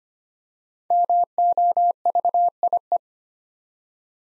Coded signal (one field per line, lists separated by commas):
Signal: Morse code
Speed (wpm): 25 wpm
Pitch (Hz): 700 Hz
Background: none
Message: MOVIE